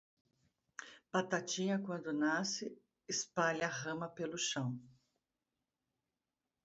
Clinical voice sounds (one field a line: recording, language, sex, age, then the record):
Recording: short text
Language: Brazilian Portuguese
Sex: female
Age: 50 to 59 years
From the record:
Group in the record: control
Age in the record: 51 years